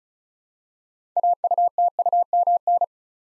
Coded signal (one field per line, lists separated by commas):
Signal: Morse code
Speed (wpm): 36 wpm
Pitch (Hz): 700 Hz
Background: none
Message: AUTUMN